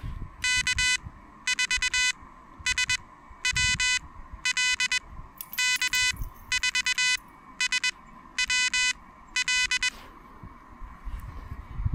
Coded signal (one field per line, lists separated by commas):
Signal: Morse code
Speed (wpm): 21 wpm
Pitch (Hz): 2500 Hz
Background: none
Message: K4SWL K4SWL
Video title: Chilly Pedestrian Mobile POTA Hunting at the QTH!